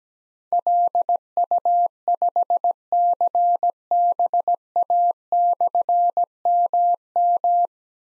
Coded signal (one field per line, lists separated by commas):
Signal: Morse code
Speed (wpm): 17 wpm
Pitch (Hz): 700 Hz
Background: none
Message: LU5CBA/MM